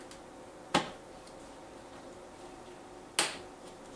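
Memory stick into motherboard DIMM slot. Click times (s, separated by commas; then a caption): 3.2 s. A DDR5 memory stick is pressed into a motherboard DIMM slot until the slot latch snaps shut. A sharp snap is heard at 0.8 seconds, and the latch clicks at 3.2 seconds, seating the stick.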